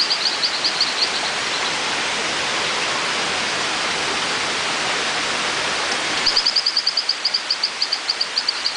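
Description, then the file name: Torrent frog call: short series of rapid, high-pitched chirping notes at the start and again near the end, with a loud rushing noise that stops just before the second series. "Hylodes phyllodes"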